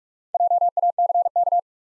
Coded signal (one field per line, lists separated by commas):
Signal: Morse code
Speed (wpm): 44 wpm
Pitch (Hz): 700 Hz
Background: none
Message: JACK